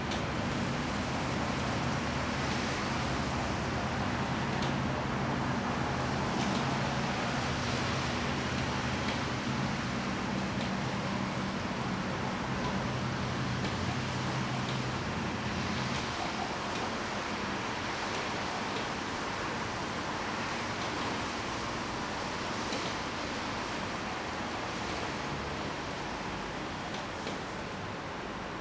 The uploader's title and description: A wet spring in Delfshaven. The rain drops on a plastic roof, cars driving by on the other side of the canal, the occasional bird that flies by, the ringing of the bridge opening and a big boat pushing the water infront of it, the church nearby signaling noon and a plain flying overhead